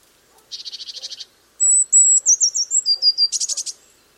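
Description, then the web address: Eurasian blue tit singing: a short buzzy trill, then a run of thin, high whistled notes dipping and wavering, ending in another fast buzzy churr. "cianscape. Deverinetal"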